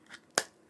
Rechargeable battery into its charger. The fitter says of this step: pop that inside until it clicks plug the power lead in